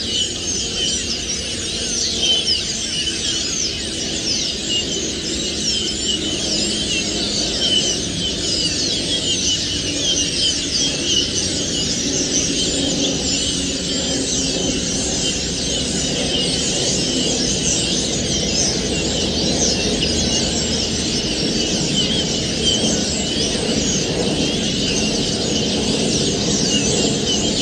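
A large flock of starlings in a clay pit chatters without pause, a dense wall of squeaks, whistles and rattling calls. The din stays bright and evenly loud for the whole half minute, with a softer low rumble beneath it.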